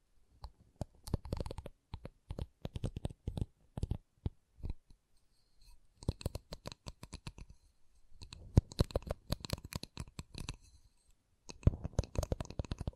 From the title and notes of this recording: ASMR Calming Wood Triggers for Sleep (No Talking).